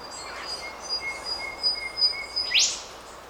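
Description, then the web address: Bird call: one sharp, rapidly rising whistle near the end, with thin, faint high tones held in the background and a steady hiss. Bird recorded in Australia; species unidentified; a sequence of calls. "Sound Effects-Foundation 1 BIRD AUSTRALIAN UNKNOWN SEQUENCE"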